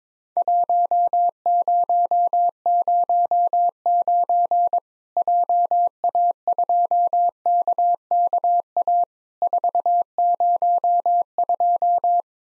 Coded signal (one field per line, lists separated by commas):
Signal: Morse code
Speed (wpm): 22 wpm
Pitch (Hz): 700 Hz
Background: none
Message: 1009 JA2KKA 402